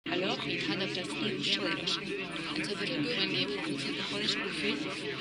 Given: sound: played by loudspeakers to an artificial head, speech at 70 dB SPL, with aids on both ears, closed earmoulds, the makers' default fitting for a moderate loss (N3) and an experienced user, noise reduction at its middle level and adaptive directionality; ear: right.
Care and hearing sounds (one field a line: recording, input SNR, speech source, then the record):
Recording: speech test signal (ISTS) in cocktail-party noise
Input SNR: -6 dB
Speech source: on the right (90 degrees)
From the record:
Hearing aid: class 2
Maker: D